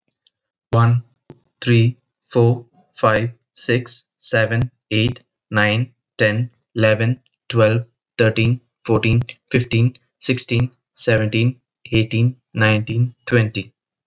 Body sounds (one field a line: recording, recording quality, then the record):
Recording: counting at a normal pace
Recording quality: excellent, no background noise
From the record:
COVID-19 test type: RT-PCR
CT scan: not taken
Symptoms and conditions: none ticked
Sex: male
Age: 31 years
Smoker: no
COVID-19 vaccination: both doses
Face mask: not worn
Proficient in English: yes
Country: India